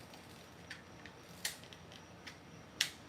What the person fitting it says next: You heard that click? That's it.